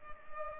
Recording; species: mosquito wingbeat signal from an infrared sensor; Culex pipiens